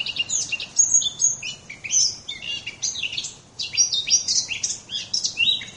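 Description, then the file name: Eurasian blackcap song: a lively run of varied high trills and chirps, dense and continuous, with one short lull midway. "moenchsgrasmuecke"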